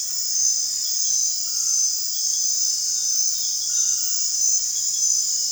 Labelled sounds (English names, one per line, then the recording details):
none
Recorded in dense forest near Puerto Asís, Putumayo, Colombia, on 29 June 2025 at 21:00
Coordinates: 0.468, -76.322
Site GP03